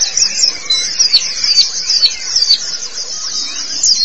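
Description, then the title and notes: White-eye song: an unbroken stream of very high, thin twittering notes, with faint lower whistles beneath. Chirping song; local Indonesian name pleci. "Suara kicauan burung pleci"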